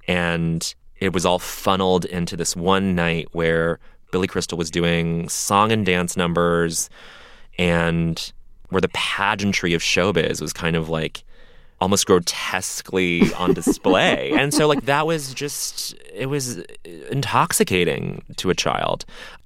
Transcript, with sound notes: And it was all funneled into this one night where Billy Crystal was doing song and dance numbers and where the pageantry of showbiz was kind of, like, almost grotesquely on display.
(Laughter).
And so, like, that was just - it was intoxicating to a child.